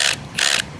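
A power drill cuts a hole in hydroponic system plastic, and its adjustable clutch reaches its set limit and slips. Over broadband drill noise, three sharp clicks come in a rapid run at 0.4, 0.5 and 0.6 seconds. The clutch was set low so the bit would not wrench the wrist when it grabs, and it is then raised about two clicks.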